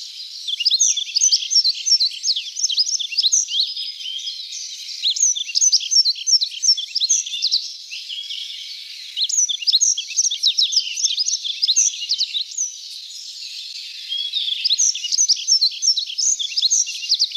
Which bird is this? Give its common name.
Yellow-throated Bunting